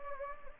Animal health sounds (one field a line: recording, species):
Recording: mosquito wingbeat signal from an infrared sensor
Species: Anopheles gambiae